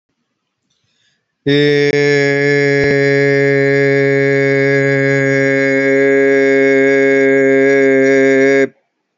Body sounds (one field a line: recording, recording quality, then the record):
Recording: sustained vowel as in made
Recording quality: excellent, no background noise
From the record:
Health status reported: healthy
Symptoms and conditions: none ticked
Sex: male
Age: 39 years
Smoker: yes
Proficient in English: yes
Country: India